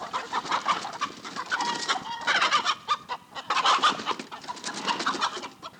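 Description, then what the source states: Chickens clucking and squawking agitatedly, many birds calling over one another in dense overlapping bursts, with louder surges of cackling around the middle. Agitated chickens inside a hen house.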